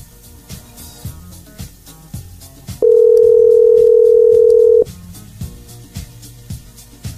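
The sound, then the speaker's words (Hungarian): A telephone ringing tone that rings strangely sounds as one loud, steady, mid-pitched beep that holds for about two seconds, cutting over a rhythmic background beat before it stops abruptly. “De furán csörög.”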